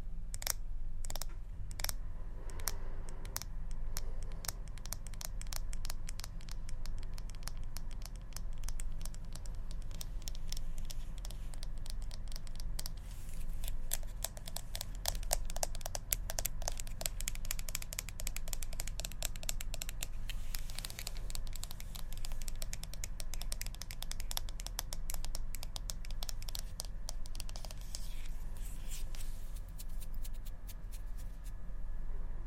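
ASMR tapping: rapid, crisp clicks and taps run almost without pause for the whole half minute, bunched in quick flurries with brief thinner stretches. The taps are bright and dry, much like keyboard typing, over a steady low rumble underneath.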